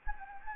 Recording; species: mosquito wingbeat signal from an infrared sensor; Anopheles gambiae